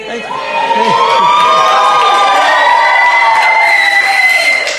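A live studio audience shouting and cheering together, a loud sustained roar of many voices with high whoops and yells rising and falling over several seconds.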